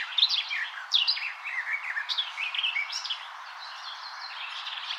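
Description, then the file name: Eurasian blackcap song: rapid, varied warbling phrases of chirps and short rising and falling whistles, loudest in the first second. "Sylvia atricapilla"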